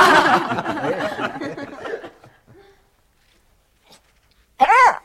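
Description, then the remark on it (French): A single loud, high-pitched yelp or bark from a dog named Pistolet breaks out at the end, after several seconds of chuckling voices and a quiet pause. “Viens, t'es un bon chien-chien.”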